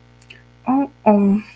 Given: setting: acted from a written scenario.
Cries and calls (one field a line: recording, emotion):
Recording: vocal sound without words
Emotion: shame